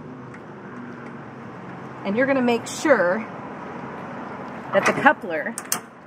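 A trailer coupler latch is handled on a tow vehicle hitch ball after the coupler has been lowered onto the ball, but nothing has seated or clicked yet. Someone talks over low background noise, with no distinct impact heard.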